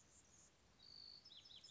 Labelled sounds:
Anna's Hummingbird

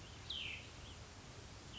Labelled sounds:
Cassin's Vireo

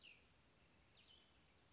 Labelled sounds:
Cassin's Vireo

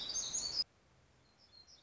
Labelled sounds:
Black-throated Gray Warbler

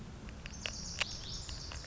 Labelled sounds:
Lazuli Bunting

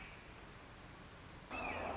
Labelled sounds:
Red-shouldered Hawk

